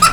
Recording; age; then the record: pig call; piglet (1 to 25 days)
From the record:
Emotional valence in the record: positive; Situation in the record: after nursing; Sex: female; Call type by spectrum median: low-frequency call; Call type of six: high-frequency stable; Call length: 0.12 s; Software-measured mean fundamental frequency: 259 Hz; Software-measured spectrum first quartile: 1246 Hz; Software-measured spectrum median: 2325 Hz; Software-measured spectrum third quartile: 6403 Hz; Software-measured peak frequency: 1285 Hz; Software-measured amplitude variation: 95 dB a second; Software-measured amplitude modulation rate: 4.0 a second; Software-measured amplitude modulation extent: 23.4 dB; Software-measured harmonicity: 6.9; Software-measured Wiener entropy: -2.47